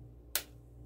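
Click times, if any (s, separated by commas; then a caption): 0.4 s. After the halves of an e-bike wiring connector from an eBikeling conversion kit are pushed together, the plastic locking ring is turned around the joint until its outer part snaps into place. A single sharp, loud click sounds at 0.4 s over a faint steady low hum. The locking ring is seated.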